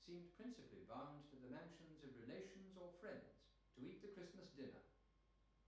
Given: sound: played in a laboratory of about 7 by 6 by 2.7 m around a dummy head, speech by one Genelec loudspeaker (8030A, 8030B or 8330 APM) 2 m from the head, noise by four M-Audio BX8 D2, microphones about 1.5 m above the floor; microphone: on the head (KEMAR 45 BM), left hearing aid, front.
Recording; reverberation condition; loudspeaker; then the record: male speech in English; medium; 150 degrees to the right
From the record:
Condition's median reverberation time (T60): about 510 ms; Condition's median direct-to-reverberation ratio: about -0.5 dB